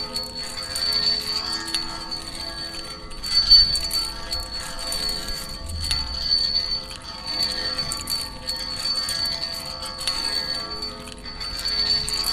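Keys jingle against a railing in a steady, bright metallic shimmer with a sustained high ring, brief clinks recurring every few seconds.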